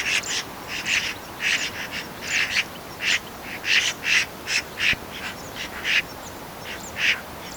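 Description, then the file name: Eurasian magpie chattering: dry, harsh, rasping notes repeated in a steady series. "Pica pica"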